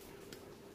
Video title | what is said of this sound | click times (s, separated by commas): REVIEW Speedometer Cyclocomp XOSS G+ Support Magene Heart Rate H64 , Speed / Cadence Sensor S3+ | Sampai bunyi krek nah install terpasang sistem | 0.3 s